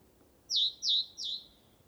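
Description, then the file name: Great tit calls: three clear, sharply downslurred chirps in an even series, the last slightly softer. "Parus major"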